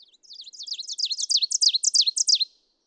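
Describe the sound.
Ovenbird song, a rapid series of repeated high double notes rising in volume across about two and a half seconds, ending suddenly.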